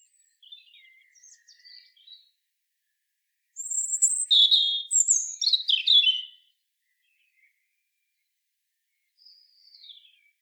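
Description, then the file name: European robin singing a varied high phrase of rapid descending trills and sharp slurred notes, with softer fragments before and a faint thin note near the end. "Erithacus rubecula"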